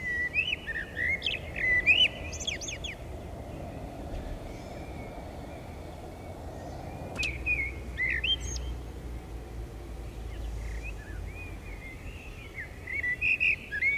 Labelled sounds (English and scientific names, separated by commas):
Common Blackbird (Turdus merula) song